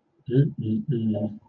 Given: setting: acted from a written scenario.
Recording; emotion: vocal sound without words; desire